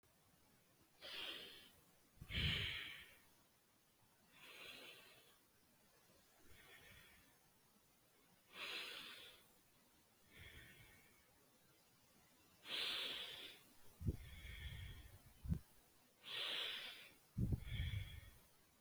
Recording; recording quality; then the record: deep breathing; excellent, no background noise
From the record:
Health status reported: exposed to COVID-19, no respiratory illness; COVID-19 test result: negative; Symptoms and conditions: cold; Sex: male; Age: 25 years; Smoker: not ticked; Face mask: not worn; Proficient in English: yes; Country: India